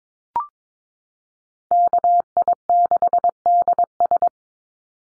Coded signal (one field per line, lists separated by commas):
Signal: Morse code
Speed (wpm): 22 wpm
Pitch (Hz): 700 Hz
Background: none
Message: KI6DS